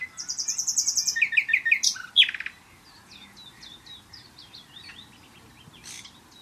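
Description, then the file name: Common nightingale song opening with a fast series of repeated high notes and sharp chirps, then trailing into softer, scattered notes. "Luscinia megarhynchos"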